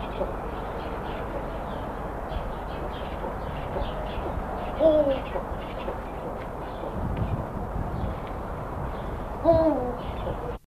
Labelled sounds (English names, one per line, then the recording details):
Eurasian Eagle-owl call
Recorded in captivity
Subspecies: hemachalanus
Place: Zoo Heidelberg, Baden-Württemberg, DE
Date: 1982-03-13
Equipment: Halbspur, 9,5 cm/s
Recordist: Lütgens, Hans
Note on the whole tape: Rufe